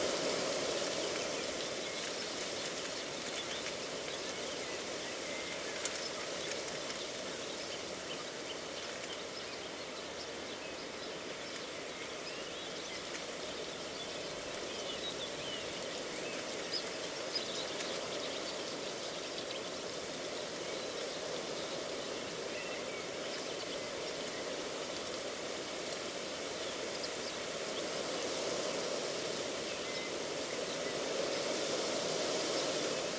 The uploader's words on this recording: A mosaic of sounds recorded in a reedbed at Slapton Ley National Nature Reserve, Devon, UK. The sounds were recorded at dawn on three days in May 2023.